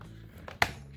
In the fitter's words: You hear the clicky.